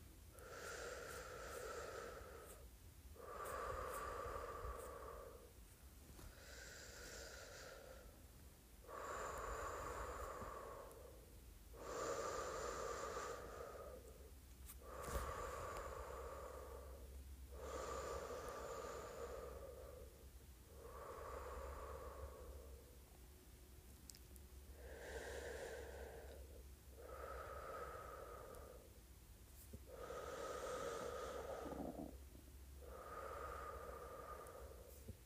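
Air is blown out and sucked back in, over and over, in about a dozen breathy pulses spaced roughly every two and a half to three seconds. Each rush is hollow with a hissy top. A low rumble runs underneath throughout.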